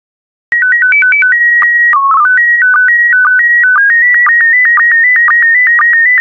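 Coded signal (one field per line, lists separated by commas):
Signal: SSTV (slow-scan television)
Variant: PD120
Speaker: Five, four, three, two, one. Transmission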